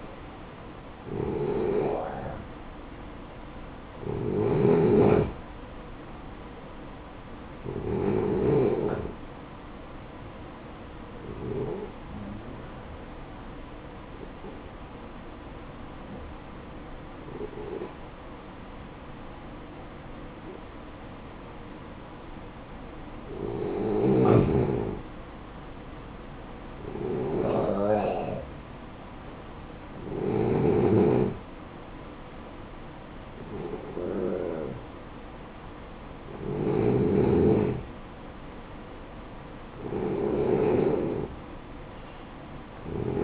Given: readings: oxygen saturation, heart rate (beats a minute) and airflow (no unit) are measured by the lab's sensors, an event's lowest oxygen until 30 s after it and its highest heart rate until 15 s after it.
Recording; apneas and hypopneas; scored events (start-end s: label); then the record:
breathing in sleep by a voice recorder at the bedside; 1
14.00-34.60 s: hypopnea (N1, oxygen 94% highest, then 91% lowest, heart rate 58 at the start, 62 highest)
41.00-43.24 s: new sleep stage, N2 (light sleep)
From the record:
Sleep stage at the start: N1 (lightest sleep); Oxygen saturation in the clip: 86 to 94%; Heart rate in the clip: 54 to 68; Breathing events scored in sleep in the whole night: 573 in 9.8 hours asleep